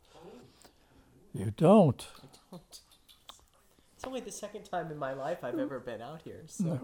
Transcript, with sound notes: No Oh, you don't? (Clicks her tongue) I don't. (Laughs) It's only the second time in my life I've ever been out here, so --!